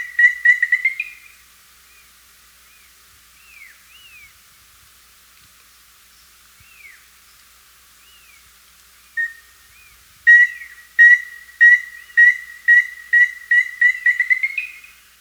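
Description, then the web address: Chestnut-naped Antpitta: the tail of one whistled series, a few scattered slurred whistles, then another long run of hollow notes that quickens and climbs slightly toward the end. Ecuador. "Birds of Ecuador 2. Chestnut-Naped Antpitta"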